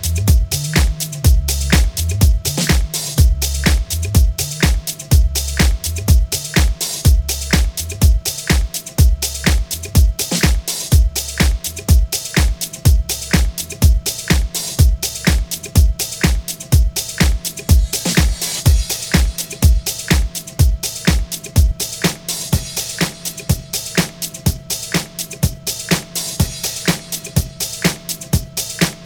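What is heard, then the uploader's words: A house track drives along on a fast, perfectly regular beat, with crisp hits landing about twice a second throughout. Deep, pulsing bass notes shift pitch underneath, while a thin steady tone holds in the middle and bright hiss swells around the middle of the clip. August 16 new house sounds.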